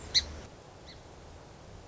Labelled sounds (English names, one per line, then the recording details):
Song Sparrow
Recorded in Sonoma County, California